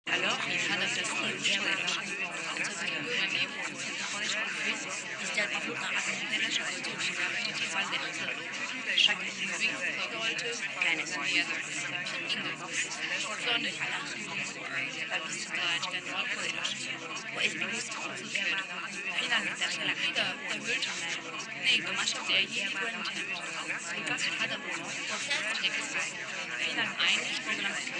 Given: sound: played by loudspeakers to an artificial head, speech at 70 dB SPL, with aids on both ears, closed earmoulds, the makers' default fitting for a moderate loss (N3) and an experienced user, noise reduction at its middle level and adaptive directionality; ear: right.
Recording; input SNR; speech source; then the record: speech test signal (ISTS) in cocktail-party noise; -6 dB; in front (0 degrees)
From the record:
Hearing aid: class 2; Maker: G